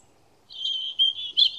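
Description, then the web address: Bird call, a thin, high, slightly wavering whistle with two brief louder accents. "cianscape birddata Deverinetal 2025"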